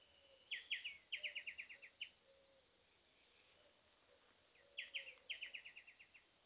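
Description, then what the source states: Bird calls: two bouts of sharp, fast-repeated chipping notes, each a quick cluster then a fading series, about four seconds apart. Recorded on the grounds of the Facultad de Ciencias Veterinarias (U.N.R.) on 29 February 2016 at 08:30; species unidentified.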